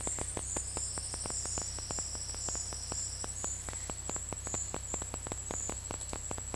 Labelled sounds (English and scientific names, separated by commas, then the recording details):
none
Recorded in dense forest near Puerto Asís, Putumayo, Colombia, on 19 February 2024 at 11:30
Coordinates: 0.487, -76.319
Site G6403